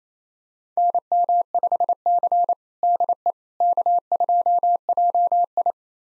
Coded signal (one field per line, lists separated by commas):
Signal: Morse code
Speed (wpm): 27 wpm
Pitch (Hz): 700 Hz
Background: none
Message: NM5C DE K2JI